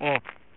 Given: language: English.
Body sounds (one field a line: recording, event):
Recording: throat vibration sensor signal played as sound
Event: speech